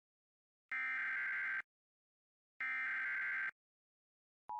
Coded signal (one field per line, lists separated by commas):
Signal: Emergency Alert System (SAME) tones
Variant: header bursts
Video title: (EAS #2,445 - #2,447) WE MISSED SOME THINGS - EAS Alerts 7/10/25